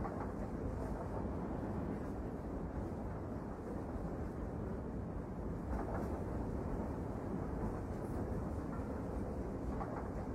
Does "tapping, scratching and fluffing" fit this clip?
no